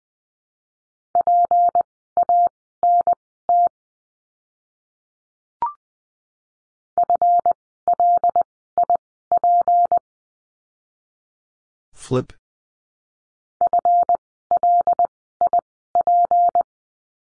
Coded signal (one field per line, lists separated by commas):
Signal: Morse code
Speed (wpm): 20 wpm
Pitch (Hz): 700 Hz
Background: none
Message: PANT FLIP FLIP